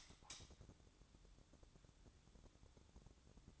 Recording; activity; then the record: daily activity, microphone in the room; light on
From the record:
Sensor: 3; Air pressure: 1007.9 hPa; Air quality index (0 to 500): 111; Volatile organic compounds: 1 ppm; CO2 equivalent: 925 ppm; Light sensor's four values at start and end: 10/24/10/10 and 17/43/19/17